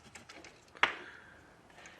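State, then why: Seated. A small plastic encoder bracket is pressed back into its mount over the encoder wheel on a water softener control valve. A few light handling taps are followed by one sharp click at 0.8 s. The bracket snaps into place and is seated.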